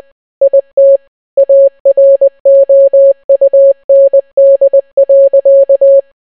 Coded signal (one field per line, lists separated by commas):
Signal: Morse code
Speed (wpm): 20 wpm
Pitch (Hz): 550 Hz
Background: none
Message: IT AROUND.